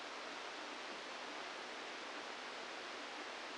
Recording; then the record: brain microelectrode recording played as sound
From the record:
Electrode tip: outside the subthalamic nucleus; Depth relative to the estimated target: 3 mm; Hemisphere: left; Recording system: NeuroSet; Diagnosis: Parkinson's disease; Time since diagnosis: 17 years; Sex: male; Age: 64 years